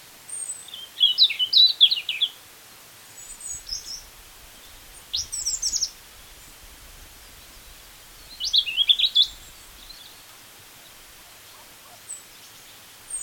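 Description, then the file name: European robin song: short bursts of high, squeaky twittering and thin whistles, each phrase different, with pauses of a few seconds between them. "Erithacus rubecula"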